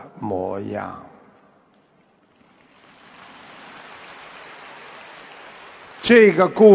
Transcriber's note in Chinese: 掌声